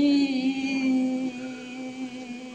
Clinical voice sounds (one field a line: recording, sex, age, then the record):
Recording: sustained vowel /i/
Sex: female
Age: 50 to 59 years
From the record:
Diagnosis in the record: amyotrophic lateral sclerosis, spinal onset 14 months earlier, no bulbar signs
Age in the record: 55 years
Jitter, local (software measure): 1.64%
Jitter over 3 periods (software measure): 0.96%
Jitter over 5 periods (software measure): 1.09%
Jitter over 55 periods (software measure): 2.23%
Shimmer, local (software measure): 9.9%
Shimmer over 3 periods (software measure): 5.0%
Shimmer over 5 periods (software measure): 6.2%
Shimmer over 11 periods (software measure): 8.4%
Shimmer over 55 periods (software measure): 16.2%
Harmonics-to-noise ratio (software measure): 14.2 dB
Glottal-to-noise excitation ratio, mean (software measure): 0.87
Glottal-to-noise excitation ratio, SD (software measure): 0.027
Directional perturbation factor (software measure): 71.8%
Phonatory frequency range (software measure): 0.67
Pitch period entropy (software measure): 3.22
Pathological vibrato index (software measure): 2.74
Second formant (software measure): 2471 Hz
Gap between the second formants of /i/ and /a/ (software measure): 1020 Hz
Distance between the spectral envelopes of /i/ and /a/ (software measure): 9.5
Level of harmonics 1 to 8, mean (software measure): -15.5, -32.0, -33.8, -48.8, -56.1, -55.6, -53.0, -45.5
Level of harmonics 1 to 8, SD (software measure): 12.0, 10.9, 7.9, 5.3, 5.9, 7.7, 7.2, 9.3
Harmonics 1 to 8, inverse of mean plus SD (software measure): 0.036, 0.023, 0.024, 0.018, 0.016, 0.016, 0.017, 0.018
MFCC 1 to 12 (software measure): -7.3, 6.9, -10.0, -15.2, -1.5, -17.1, -9.9, -13.5, -10.6, 2.1, -0.7, -1.6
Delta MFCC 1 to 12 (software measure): -0.018, -0.046, 0.024, 0.024, 0.023, 0.019, 0.037, 0.029, -0.024, -0.066, 0.013, 0.013